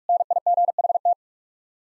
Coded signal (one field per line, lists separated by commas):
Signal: Morse code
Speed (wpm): 46 wpm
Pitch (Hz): 700 Hz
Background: none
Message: NIGHT